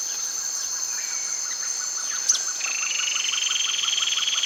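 Bird calls: a thin falling whistle, then a long rapid buzzy trill that rises slightly, over a continuous high whine and a pulsing background chorus.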